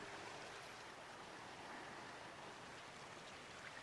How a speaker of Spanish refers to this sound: Ahora está pasando sobre una tranquila playa desierta y desciende un poco el globo para escuchar y ver las olas desde lo alto.